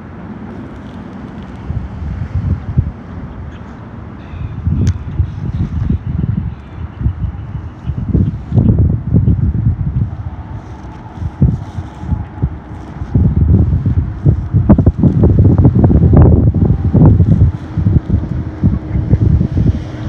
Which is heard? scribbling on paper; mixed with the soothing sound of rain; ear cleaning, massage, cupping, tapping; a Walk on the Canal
a Walk on the Canal